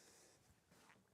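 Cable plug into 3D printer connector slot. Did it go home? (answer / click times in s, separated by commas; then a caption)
no / none. A cable plug, secured by two little wings, is pushed with two fingers into its connector slot on a Creality Ender 3 V3 CoreXZ 3D printer. Only faint, steady handling noise and soft rustling are heard. Nothing has seated or clicked yet.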